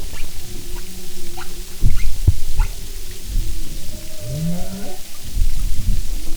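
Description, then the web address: Humpback whale sounds: soft low moans and a rising swooping note midway, with scattered clicks and knocks over a low rumbling background. "Sound and Marine Mammals humpback"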